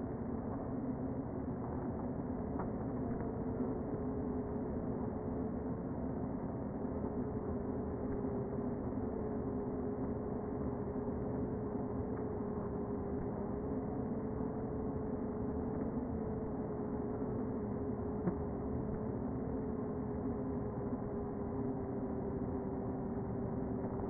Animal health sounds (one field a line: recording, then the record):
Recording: honeybee colony, microphone inside the hive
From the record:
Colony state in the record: queen present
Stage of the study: before two queens were removed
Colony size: about 60,000 bees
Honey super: yes